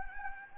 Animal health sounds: mosquito wingbeat signal from an infrared sensor; Anopheles gambiae

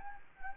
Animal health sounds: mosquito wingbeat signal from an infrared sensor; Anopheles gambiae

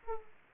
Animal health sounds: mosquito wingbeat signal from an infrared sensor; Aedes aegypti

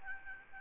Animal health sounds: mosquito wingbeat signal from an infrared sensor; Aedes albopictus

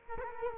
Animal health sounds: mosquito wingbeat signal from an infrared sensor; Culex quinquefasciatus

